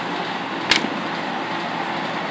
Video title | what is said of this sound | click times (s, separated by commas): * Poulan pro pp4018 chainsaw carburetor repair. poulan chainsaw carb repair | we're going to push this right into this hole it'll actually click right into place just like that | 0.7 s